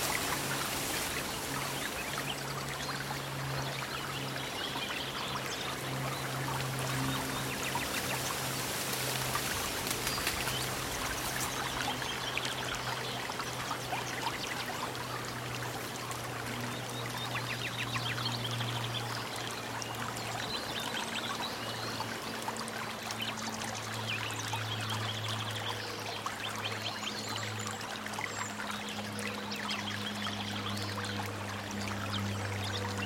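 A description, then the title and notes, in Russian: A stream babbles and splashes in a dense, unbroken rush of water that stays steady for the whole clip, a little brighter and louder during the first ten seconds or so. A low, even hum runs underneath throughout. Глубокий Лес - Спокойные Звуки Природы для Глубокого Сна.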